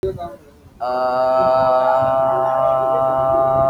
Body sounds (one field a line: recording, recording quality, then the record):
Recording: sustained vowel as in made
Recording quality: moderate, slight background noise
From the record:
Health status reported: healthy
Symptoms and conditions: none ticked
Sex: male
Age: 26 years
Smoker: not ticked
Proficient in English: yes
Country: India